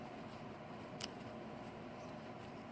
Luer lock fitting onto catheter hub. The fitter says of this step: lure locks in place